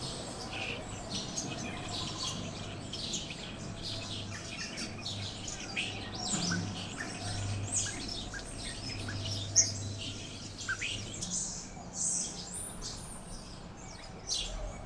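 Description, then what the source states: Birds chirping in a busy chorus, several high chirps overlapping throughout over a low constant hum. Birds chirping on a tree.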